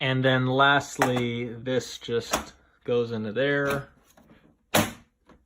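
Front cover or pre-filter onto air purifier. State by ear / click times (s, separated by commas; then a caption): seated / 4.8 s. Someone talks while fitting the final part, likely the plastic pre-filter or front cover, onto a 2021 Coway AP-1512HH Mighty Air Purifier. A sharp click sounds at 4.8 s, with faint ticks just before and after it, and the part seats in place.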